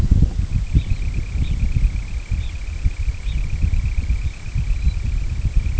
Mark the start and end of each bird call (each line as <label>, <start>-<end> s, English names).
Semipalmated Sandpiper, 0.30-5.79 s
Red Phalarope, 0.69-1.08 s
Red Phalarope, 1.33-1.62 s
Red Phalarope, 2.32-2.62 s
Red Phalarope, 3.17-3.48 s
Red Phalarope, 4.09-4.46 s
American Golden-plover, 4.60-4.99 s